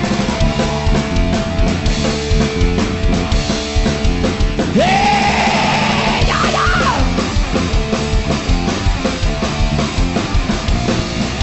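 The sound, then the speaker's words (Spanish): A loud, dense crowd roars and shouts continuously, with a sharp rising whistle cutting through midway. Sustained tones hum steadily underneath the whole time. “¡Que se escuchen los gritos de la banda! ¡Los chiflidos!”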